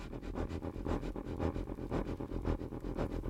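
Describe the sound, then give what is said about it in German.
A train rumbles in with a deep, steady mechanical drone, broken by regular hissing, wheezing bursts about twice a second. No voices are heard. “In diesem kritischen Moment ächzt, stöhnt und niest ein Zug heran.”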